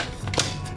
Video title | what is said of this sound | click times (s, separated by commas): Ultimate Continuous Lighting Showdown - Godox SL60W LED Light vs. Spectrum Illuminate Mate Softbox | this snaps into place just like that. | 0.3 s, 0.4 s